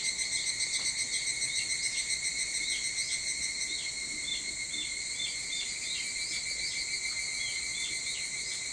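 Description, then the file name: Evening cicada song opening with a loud, rapid pulsing phrase that fades into a steady shrill hum dotted with brief falling chirps. Recorded 22 July 2023 at 04:40. "higurashi 230722 0440"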